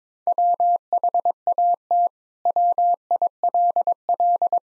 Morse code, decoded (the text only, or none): WHAT WILL